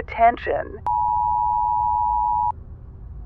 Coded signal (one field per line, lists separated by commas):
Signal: Emergency Alert System (SAME) tones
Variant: 853 and 960 Hz attention tone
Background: speech